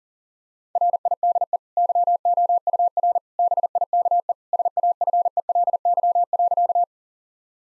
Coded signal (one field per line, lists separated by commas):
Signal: Morse code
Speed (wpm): 37 wpm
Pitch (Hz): 700 Hz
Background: none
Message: RIDE YOUR BIKE SAFELY.